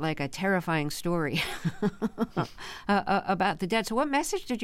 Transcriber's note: laughter